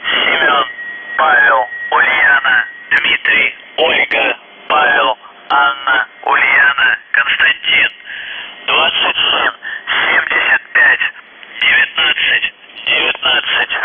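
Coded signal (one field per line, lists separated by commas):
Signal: numbers station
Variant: UVB-76 (The Buzzer)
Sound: a voice reading words over a narrow radio channel, with a faint steady tone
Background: radio static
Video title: The Buzzer/UVB-76(4625Khz) July 5, 2021 08:06UTC Voice message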